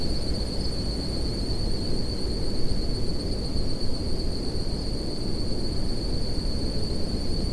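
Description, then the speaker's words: Crickets in chorus, a steady unbroken high tone holding one pitch throughout, over heavy low rumbling noise. Crickets heard all around but not visible, in short ferns inside the rim of the Alcedo volcano caldera, Isabela island, Galápagos. "The air is full of the sound of crickets. I can't really see any of them, but I can hear them all around me in these short ferns."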